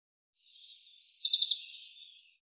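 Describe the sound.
Common chaffinch song: one short, high phrase with a brief rapid trill in the middle.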